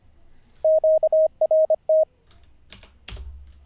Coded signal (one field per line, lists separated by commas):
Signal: Morse code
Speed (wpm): 25 wpm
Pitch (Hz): 630 Hz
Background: none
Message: QRT